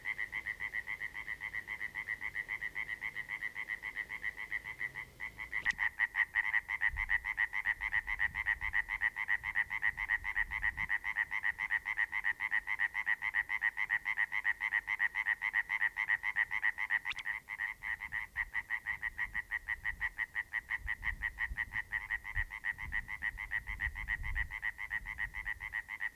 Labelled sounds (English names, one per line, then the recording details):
Common Tree Frog call
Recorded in the wild
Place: Gorleben, OT Meetschow, Wendland, Niedersachsen, DE
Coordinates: 53.0483, 11.3881
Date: 1969-05-24
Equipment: Uher 4000 Report-S, Bändchenmikro Beyer M 260, Parabolspiegel Polyester (470 mm)
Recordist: Conrads, Klaus